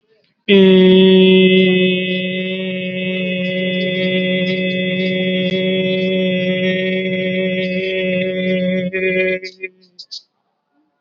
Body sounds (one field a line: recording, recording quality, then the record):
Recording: sustained vowel as in made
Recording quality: excellent, no background noise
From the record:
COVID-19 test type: RT-PCR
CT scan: not taken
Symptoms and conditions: none ticked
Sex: male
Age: 19 years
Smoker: no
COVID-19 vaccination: both doses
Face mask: worn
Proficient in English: yes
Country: India